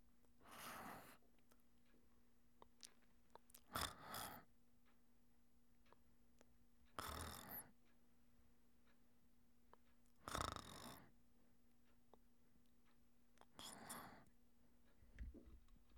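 Five rough, noisy snoring breaths come at fairly even intervals of about three seconds, roughly 19 a minute, over a steady low background hum.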